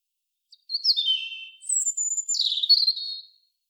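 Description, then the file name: European robin song with high sliding whistles descending into a trill, a long thin high note, then a quick fluttering warble, clear and unaccompanied. "Erithacus rubecula"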